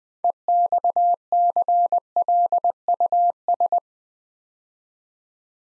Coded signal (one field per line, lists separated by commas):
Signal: Morse code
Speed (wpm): 20 wpm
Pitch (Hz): 700 Hz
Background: none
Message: EXCLUS